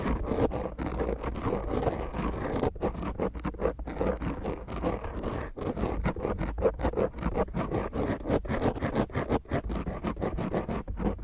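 Fingernails scratch roughly and intensely against a microphone, producing a dense, grating scrape that runs nonstop for the whole stretch. Brief dropouts break it at uneven intervals, and the sound is loud and heavy in the low and middle range.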